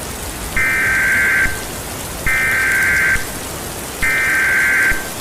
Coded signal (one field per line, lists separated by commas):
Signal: Emergency Alert System (SAME) tones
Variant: header bursts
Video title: Phantom Rain - Tornado EAS Scenario